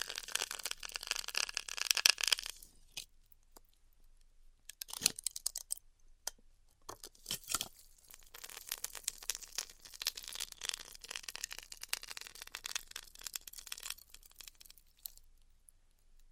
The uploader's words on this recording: ASMR Styrofoam Heat Cutting (No Talking).